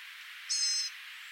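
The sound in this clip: Blue-gray gnatcatcher call, a single thin note held briefly at a steady high pitch over a faint hiss.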